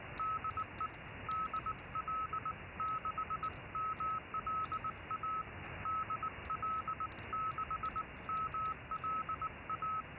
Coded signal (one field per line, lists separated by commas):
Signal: Morse code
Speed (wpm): 19 wpm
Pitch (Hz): 1290 Hz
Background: none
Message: DE DL6MLA DL6MLA